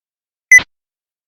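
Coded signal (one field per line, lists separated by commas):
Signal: roger beep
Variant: walkie-talkie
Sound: one short high beep followed by a quick burst of static hiss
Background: radio static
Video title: Walkie Talkie Roger Beep Sound Effect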